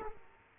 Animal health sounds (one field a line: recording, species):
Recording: mosquito wingbeat signal from an infrared sensor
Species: Aedes aegypti